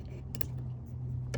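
A GoPro camera mount is pushed into an aircraft oxygen port in the wrong orientation, giving brief plastic ticks at about 0.4 s and 1.3 s over a steady low hum. The mount does not latch, and nothing has clicked into place yet.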